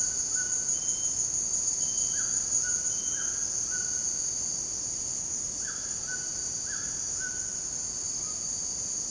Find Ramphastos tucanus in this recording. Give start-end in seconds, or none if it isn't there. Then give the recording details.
0.00-8.51. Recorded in secondary vegetation near Puerto Asís, Putumayo, Colombia, on 22 June 2025 at 16:30. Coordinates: 0.484, -76.319. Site G074